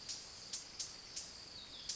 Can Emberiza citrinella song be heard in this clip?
no